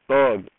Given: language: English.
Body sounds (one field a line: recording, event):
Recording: throat vibration sensor signal played as sound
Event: speech